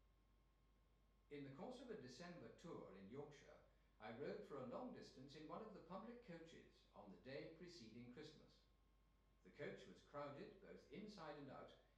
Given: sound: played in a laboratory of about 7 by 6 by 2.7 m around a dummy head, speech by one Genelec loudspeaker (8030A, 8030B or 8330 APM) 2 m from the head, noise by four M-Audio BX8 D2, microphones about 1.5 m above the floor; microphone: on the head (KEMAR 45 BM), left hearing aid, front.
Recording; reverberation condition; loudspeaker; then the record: male speech in English; medium; 90 degrees to the right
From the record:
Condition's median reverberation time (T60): about 510 ms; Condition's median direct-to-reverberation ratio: about -0.5 dB